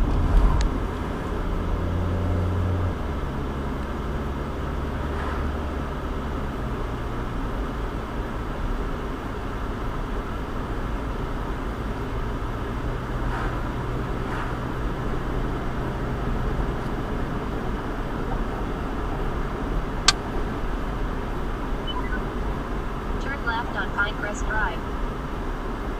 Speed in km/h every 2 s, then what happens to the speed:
42, 47, 52, 56, 56, 58, 60, 61, 63, 63, 60, 61, 53.
0-15 speeds up to 63. 15-22 steady at about 61. 22-26 slows to 53.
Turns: none.